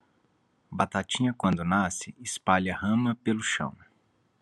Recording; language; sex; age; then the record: short text; Brazilian Portuguese; male; 30 to 39 years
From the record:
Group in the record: control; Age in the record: 38 years